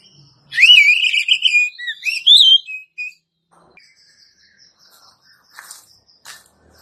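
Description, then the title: Oriental magpie-robin with one loud whistled phrase, a held note then swooping slurs, followed by a few faint clicks and soft notes. "Kacer"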